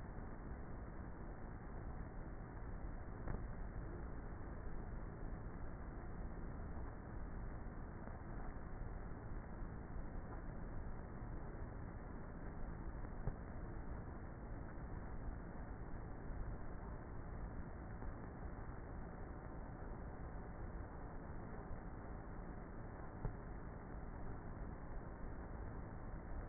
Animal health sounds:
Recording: honeybee colony, microphone inside the hive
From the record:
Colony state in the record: queenless with a low population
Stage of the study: before two queens were removed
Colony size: about 30,000 bees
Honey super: no

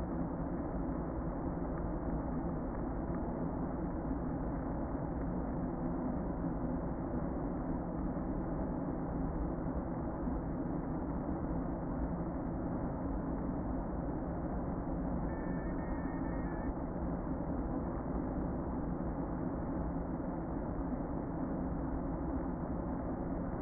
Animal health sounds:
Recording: honeybee colony, microphone inside the hive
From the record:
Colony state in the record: queen present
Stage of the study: before two queens were removed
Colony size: about 60,000 bees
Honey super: yes

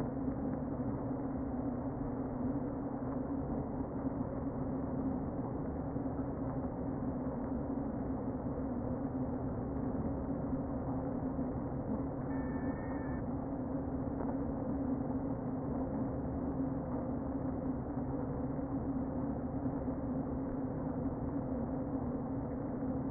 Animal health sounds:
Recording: honeybee colony, microphone inside the hive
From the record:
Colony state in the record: queen present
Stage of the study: before two queens were removed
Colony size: about 60,000 bees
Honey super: yes

